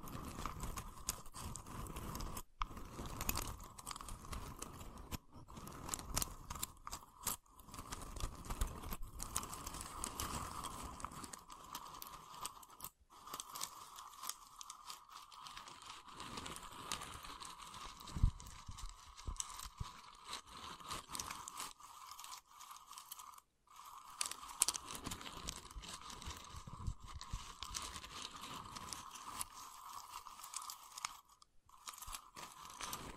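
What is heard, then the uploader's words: Tapping and scratching on wood, a dense run of small knocks and crackles with a steady, slightly hollow ring underneath. The first twelve seconds are busier and fuller; afterward the sounds thin out and turn lighter, broken by brief silences. ASMR Calming Wood Triggers for Sleep (No Talking).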